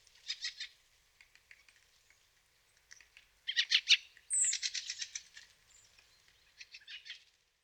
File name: Fieldfare